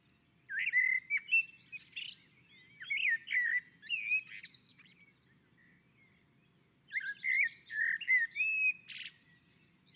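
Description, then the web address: Common blackbird singing two long phrases of rich, varied whistles mixed with high chattering twitters, a quiet gap of a few seconds between them. On a roof. "Naturinspelningar Koltrast på taket"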